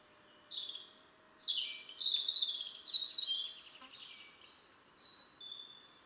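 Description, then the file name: European robin giving thin, high warbled phrases, sliding and twittering, in short bursts separated by brief pauses, over a faint steady background hum. "Erithacus rubecula"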